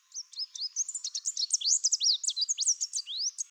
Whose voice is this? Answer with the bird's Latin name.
Basileuterus delattrii